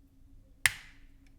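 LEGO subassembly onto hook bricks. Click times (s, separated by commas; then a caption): 0.7 s. A LEGO subassembly is pushed onto the hook bricks and the plastic pieces snap together, seating with a loud, sharp click at 0.6 s. A faint tick follows at 1.3 s, and there is no talk in the clip.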